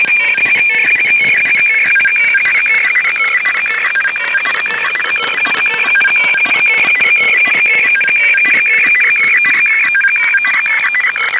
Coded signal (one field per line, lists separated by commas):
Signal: weather fax (radiofax)